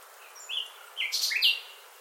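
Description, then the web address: Bird calls: a few short, sharp chirps, some sliding down in pitch, in quick succession over two seconds. "birddata Deverinetal 2025 File origin Bird Only Lu Me"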